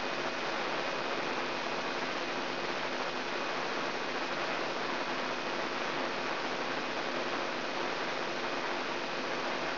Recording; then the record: brain microelectrode recording played as sound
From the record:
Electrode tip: outside the subthalamic nucleus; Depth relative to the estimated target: -0.8 mm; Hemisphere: right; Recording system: AlphaMap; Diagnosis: Parkinson's disease